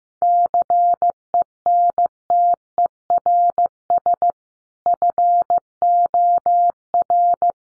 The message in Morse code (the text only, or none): CENTERS FOR